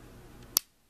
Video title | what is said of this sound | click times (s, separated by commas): Swiss Army Victorinox Tinker | get that out of the way more torque and then it locks open straight and you can hear it | 0.6 s